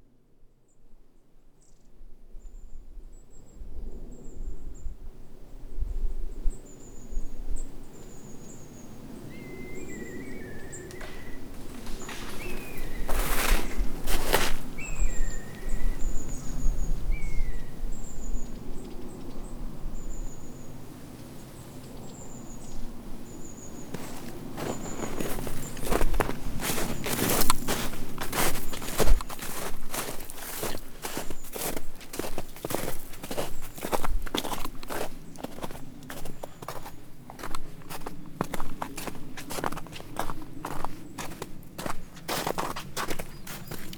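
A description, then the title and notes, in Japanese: Natural sounds along a walking path: high, thin bird calls chirp repeatedly in the first half over a low, steady outdoor rumble. From about 24 seconds, a run of sharp, regular crunching steps or clicks takes over and continues densely to the end. 野鳥のさえずり。お散歩道の自然の音。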